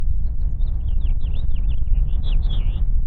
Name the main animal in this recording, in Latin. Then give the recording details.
Haemorhous mexicanus. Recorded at WGilgo Beach on Long Island, New York, on 22 May 1975. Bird F